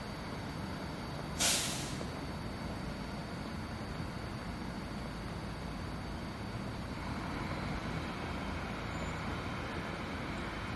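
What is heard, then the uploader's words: A winter morning's steady, dense low rumble, like a vehicle or train, broken by one sharp hiss of air near the start. A bunch of sounds from a morning in winter. Overlapping but essentially unedited.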